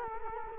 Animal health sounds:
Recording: mosquito wingbeat signal from an infrared sensor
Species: Culex quinquefasciatus

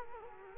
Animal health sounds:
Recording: mosquito wingbeat signal from an infrared sensor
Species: Culex quinquefasciatus

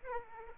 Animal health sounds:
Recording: mosquito wingbeat signal from an infrared sensor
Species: Aedes aegypti

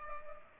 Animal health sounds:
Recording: mosquito wingbeat signal from an infrared sensor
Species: Culex pipiens

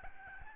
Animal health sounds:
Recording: mosquito wingbeat signal from an infrared sensor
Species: Aedes albopictus

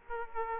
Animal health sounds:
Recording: mosquito wingbeat signal from an infrared sensor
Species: Aedes aegypti

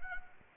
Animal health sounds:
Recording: mosquito wingbeat signal from an infrared sensor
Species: Anopheles arabiensis

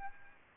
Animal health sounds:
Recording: mosquito wingbeat signal from an infrared sensor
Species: Aedes albopictus

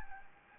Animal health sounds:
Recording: mosquito wingbeat signal from an infrared sensor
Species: Anopheles gambiae

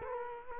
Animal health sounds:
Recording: mosquito wingbeat signal from an infrared sensor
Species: Culex quinquefasciatus

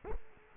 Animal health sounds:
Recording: mosquito wingbeat signal from an infrared sensor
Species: Culex quinquefasciatus

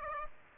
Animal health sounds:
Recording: mosquito wingbeat signal from an infrared sensor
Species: Aedes aegypti

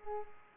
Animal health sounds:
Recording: mosquito wingbeat signal from an infrared sensor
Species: Culex pipiens

